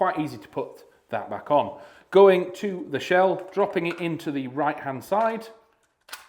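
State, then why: Seated. Someone talks while dropping a loaded gas/BB shell into the right-hand magazine tube of an EMG KelTec KSG airsoft bullpup gas shotgun. At 6.1 s a single short click is heard as the shell seats in the tube nice and easy.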